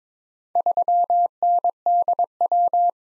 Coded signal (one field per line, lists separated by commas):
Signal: Morse code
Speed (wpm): 21 wpm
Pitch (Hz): 700 Hz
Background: none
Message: 3NDW